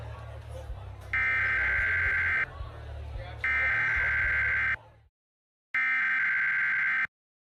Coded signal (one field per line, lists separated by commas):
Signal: Emergency Alert System (SAME) tones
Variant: header bursts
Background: speech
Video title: EAS Scenario - Sonic EXE Nightmare Halloween Special